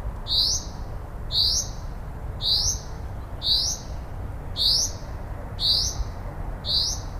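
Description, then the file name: Common Chaffinch calling with a brief rising whistle, repeated roughly every second with even spacing, against steady low-pitched background noise. "Fringilla coelebs"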